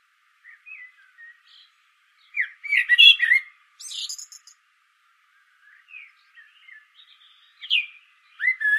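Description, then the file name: Common blackbird singing: soft scattered notes, then a loud warbled phrase with a squeaky high ending, and more fluted notes toward the end. "Turdus merula"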